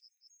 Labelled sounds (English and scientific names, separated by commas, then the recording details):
Yellowhammer (Emberiza citrinella) song
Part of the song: start
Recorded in the Czech Republic on 22 May 2013
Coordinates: 49.726, 13.355
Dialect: XlB
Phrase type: B48
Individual 298564